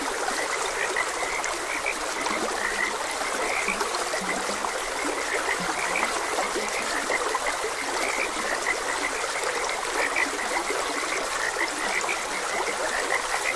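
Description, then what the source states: Frogs croaking in a steady chorus, short higher notes repeating constantly over the continuous rush and trickle of a stream. Frogs croaking beside a gentle stream.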